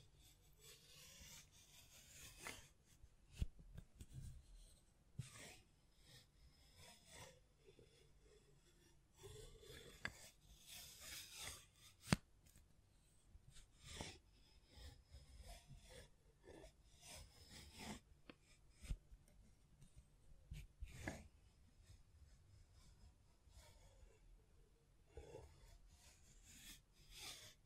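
Hands scratch, rub and tap against a microphone in irregular bursts, with rasping strokes, sharp clicks and a low rumbling underneath throughout.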